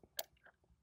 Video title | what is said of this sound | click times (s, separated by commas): Getting Started with the InvisaGig 5G Modem - First Steps - Full Version | push to click | 0.2 s